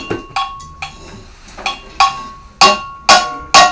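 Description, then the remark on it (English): A bell is struck about eight times in an uneven rhythm, each hit a bright metallic clang with a ringing tone, the strikes growing louder toward the end. No one speaks. “Who want to play the bell?”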